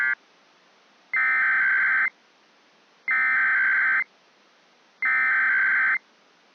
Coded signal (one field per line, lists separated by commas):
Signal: Emergency Alert System (SAME) tones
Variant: header bursts